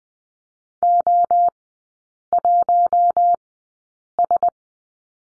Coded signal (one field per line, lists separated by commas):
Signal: Morse code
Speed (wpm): 20 wpm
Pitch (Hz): 700 Hz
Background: none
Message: O1S